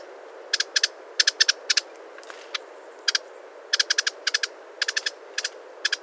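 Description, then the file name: Wrentit calls: dry clicking notes, single or bunched into short rapid bursts, repeated irregularly over a steady background hiss. "suara panggilan burung wrentit omkicau"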